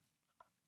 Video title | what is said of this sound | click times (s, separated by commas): Sony A7 IV Tutorial Training Video Overview Beginners - Users Guide A74 A7IV | release switch here take it out then when we close the latch we need to push this little switch over to lock it | 0.4 s